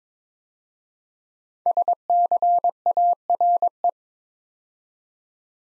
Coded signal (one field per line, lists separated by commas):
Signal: Morse code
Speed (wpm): 22 wpm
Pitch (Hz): 700 Hz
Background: none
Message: SCARE